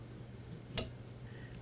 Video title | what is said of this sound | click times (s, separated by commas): 2017-2021 Cadillac XT5 Front & Rear Wiper Blade Removal & Replacement (Works on XT4 and XT6 too!) | and pull the blade uh towards the rear of the vehicle until it clicks | 0.8 s